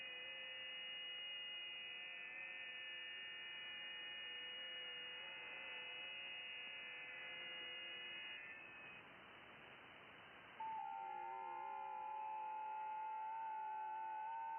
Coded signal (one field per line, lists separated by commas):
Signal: FT8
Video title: Can I Hear You? 28 MHz FT8 DX to Europe!